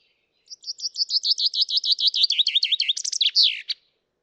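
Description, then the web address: Common chaffinch song: a quick run of repeated notes falling slightly in pitch, ending in a short flourish, about three seconds long; nothing else heard. "Deverinetal 2025 File origin Bird Only Fr Co"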